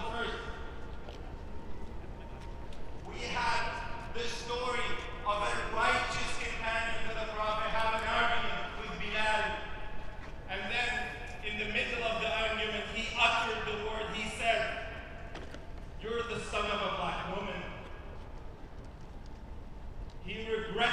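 Street sounds from a protest march: a man talks steadily in bursts over a constant low rumble, with short pauses around six and sixteen seconds.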